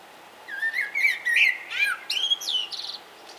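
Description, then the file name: Common blackbird song phrase of rich whistled notes rising and falling, closing in a string of shrill, scratchy high twitters. "Turdus merula"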